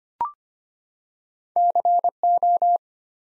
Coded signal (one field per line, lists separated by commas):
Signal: Morse code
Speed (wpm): 25 wpm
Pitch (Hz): 700 Hz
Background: none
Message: CO